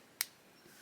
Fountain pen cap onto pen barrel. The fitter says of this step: It's still a push and click and you can hear that click,